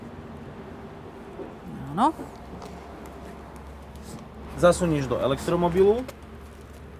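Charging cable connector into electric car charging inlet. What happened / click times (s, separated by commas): The plug is being handled and has not yet clicked home / none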